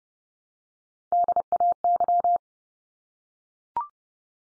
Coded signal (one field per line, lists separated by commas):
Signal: Morse code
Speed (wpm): 30 wpm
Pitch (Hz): 700 Hz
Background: none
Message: DAY